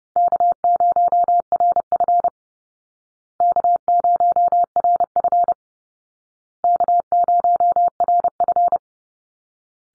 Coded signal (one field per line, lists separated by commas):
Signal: Morse code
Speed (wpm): 30 wpm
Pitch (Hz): 700 Hz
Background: none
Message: K0RF K0RF K0RF